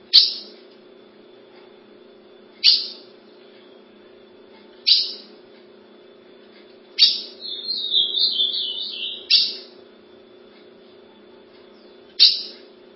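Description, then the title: Ultramarine grosbeak singing a single wavering, whistled phrase near the middle, surrounded by regular sharp clicks and a steady low hum. "Azulao"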